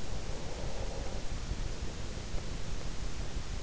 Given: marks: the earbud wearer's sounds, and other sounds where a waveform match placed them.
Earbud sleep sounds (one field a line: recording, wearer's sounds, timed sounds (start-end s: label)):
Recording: sounds in sleep by an in-ear microphone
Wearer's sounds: breath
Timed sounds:
0.21-3.03 s: breath